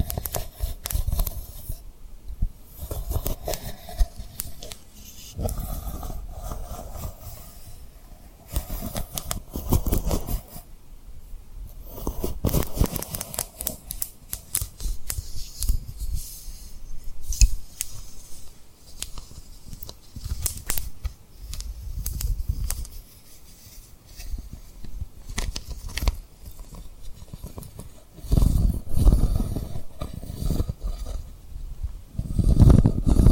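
Tapping and rubbing on a rhinestone surface, dense irregular clicks and scratchy brushing with bursts of louder taps, busiest near the end.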